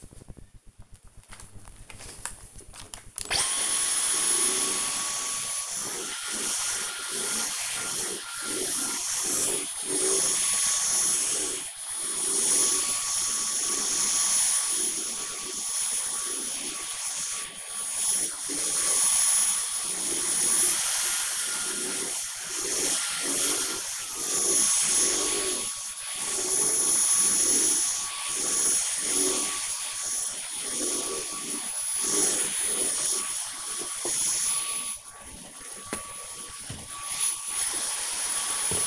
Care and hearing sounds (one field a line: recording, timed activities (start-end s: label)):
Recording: household activities, microphone on the right wrist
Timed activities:
0.58-38.87 s: vacuum cleaning